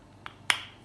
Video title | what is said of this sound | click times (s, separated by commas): La Brosse Zeitgard | que vous entendez le clic c'est qu'elle est en place et que elle | 0.5 s